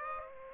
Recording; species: mosquito wingbeat signal from an infrared sensor; Aedes aegypti